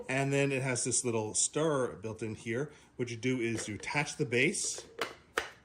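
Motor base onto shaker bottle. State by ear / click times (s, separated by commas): seated / 5.4 s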